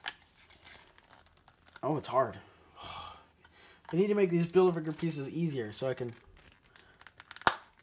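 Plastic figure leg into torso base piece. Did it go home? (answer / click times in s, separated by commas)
yes / 7.5 s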